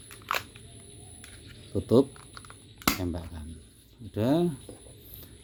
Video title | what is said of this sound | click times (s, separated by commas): Test DCobra P377 Pesanan Agan Jufrizal | Bunyi klik itu nih agak maju dikit biasanya. | 0.3 s